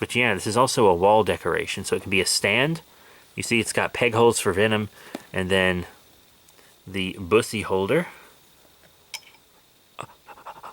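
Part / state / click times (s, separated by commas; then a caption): plastic accessory holder into the action figure stand's peg hole / seated / 10.0 s. Someone talks about the plastic wall-decoration stand for a vintage ToyBiz Spider-Man Classics Series 1 Venom action figure, which has peg holes for the figure. A small plastic holder piece is then pushed into a peg hole on the stand, and it pops in with a sharp, brief click at 10.0 s, seating firmly.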